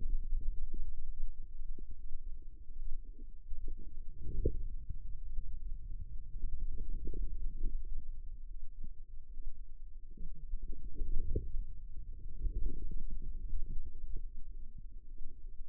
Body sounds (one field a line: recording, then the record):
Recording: forearm muscle sounds (acoustic myography)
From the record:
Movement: wrist flexion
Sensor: system 2, bracelet of six BSWA MPA416 microphones around the upper forearm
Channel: 6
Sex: female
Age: 25 years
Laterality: right